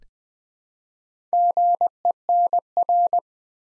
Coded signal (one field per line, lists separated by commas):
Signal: Morse code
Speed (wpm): 20 wpm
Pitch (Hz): 700 Hz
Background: none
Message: GENR